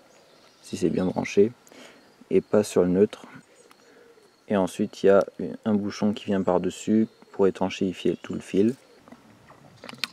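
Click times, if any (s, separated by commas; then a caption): 10.0 s. A rear cover with a seal is clipped onto a plastic Wieland-type mains connector housing to seal the cable entry. Someone talks through most of the clip, and a sharp click is heard at 10.0 s as the cover clips on and seats.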